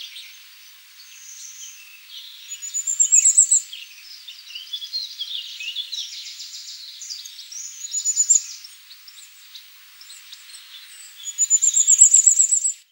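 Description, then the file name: Firecrest singing high, fast strings of thin notes three times, with softer twittering lower down in between. "Reyezuelo listado"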